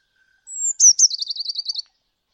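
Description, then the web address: Bird call: a thin, high whistle sliding slightly downward, then a fast, buzzy, descending trill of about ten quick notes, in silence. "Deverinetal 2025. Bird Only"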